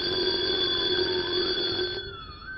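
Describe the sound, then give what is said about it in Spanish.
An alarm clock rings with a steady, shrill, continuous tone that holds at a bright pitch, then shifts and softens slightly near the end. No voices. “Mientras estaban encalzados en una lucha titánica, sonó el despertador.”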